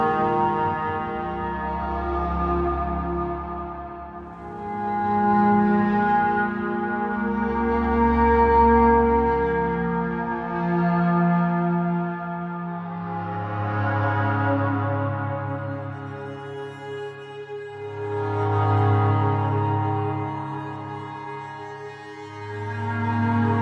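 A soft upright piano plays slow, sustained chords, each held for several seconds before the next arrives. Deep bass notes swell beneath every change, about every five seconds, while gentle higher tones ring out above, rising and easing in waves throughout.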